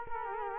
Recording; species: mosquito wingbeat signal from an infrared sensor; Culex quinquefasciatus